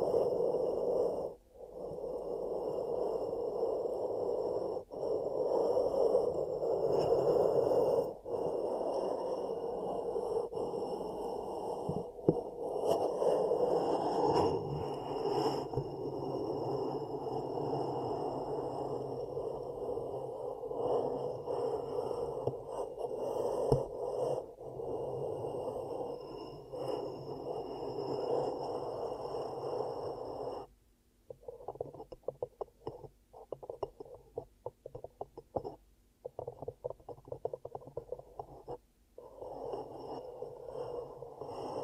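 Ear cupping sounds: a dense, muffled rushing and rubbing in the low and middle range that swells and eases with the hand movements. Brief sharper taps and scrapes cut in often. Near 31 seconds it turns choppier, with short bursts separated by moments of near silence.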